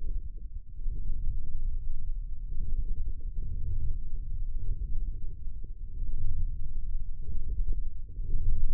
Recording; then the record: forearm muscle sounds (acoustic myography)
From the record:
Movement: wrist flexion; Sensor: system 1, eight BSWA MPA416 microphones around the upper forearm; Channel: 6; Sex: male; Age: 20 years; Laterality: left